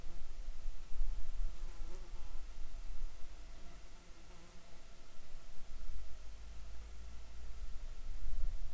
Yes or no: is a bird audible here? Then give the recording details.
no. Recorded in the Arctic National Wildlife Refuge, Alaska, on 7 July 2019 at 19:18. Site 41